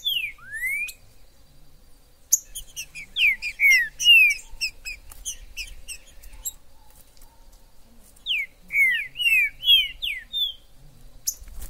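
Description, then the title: Green-winged saltator song of slurred whistled notes, mostly falling, in three bursts separated by pauses. Recorded in the forest; used to stimulate a pet bird into singing and competitive male calling. "TRINCA FERRO no MATO"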